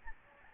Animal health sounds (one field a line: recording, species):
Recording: mosquito wingbeat signal from an infrared sensor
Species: Aedes albopictus